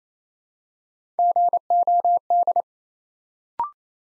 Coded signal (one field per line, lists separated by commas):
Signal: Morse code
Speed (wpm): 27 wpm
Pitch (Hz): 700 Hz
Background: none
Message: GOD